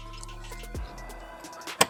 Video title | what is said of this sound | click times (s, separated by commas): Hard Luggage vs Soft Luggage - Which one is Better ? | इसमें हम एक लॉक मिलता है और ये लॉक हो जाता है इसमें | 1.8 s